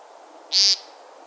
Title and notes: American Woodcock. Opening Call by Jim Berry